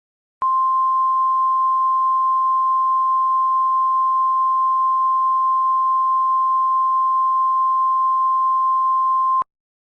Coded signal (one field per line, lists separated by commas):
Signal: Emergency Alert System (SAME) tones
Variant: 1050 Hz attention tone